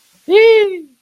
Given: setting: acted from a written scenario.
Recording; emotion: vocal sound without words; elation